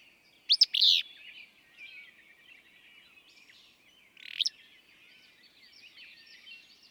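Willow flycatcher: one full sneezy burry phrase, then a single rasping note a few seconds later, against steady soft bird twitter.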